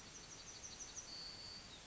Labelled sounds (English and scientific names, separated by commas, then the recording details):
Yellowhammer (Emberiza citrinella) song
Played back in forest
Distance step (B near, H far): F
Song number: 124